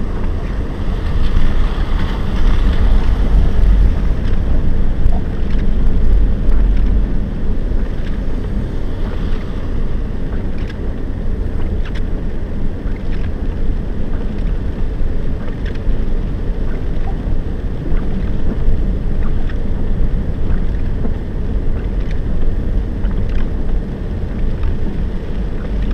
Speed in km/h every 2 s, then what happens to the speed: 18, 22, 25, 20, 15, 14, 15, 15, 17, 18, 18, 19, 18.
0-3 speeds up to 25. 3-10 slows to 14. 10-26 steady at about 17.